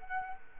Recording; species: mosquito wingbeat signal from an infrared sensor; Culex quinquefasciatus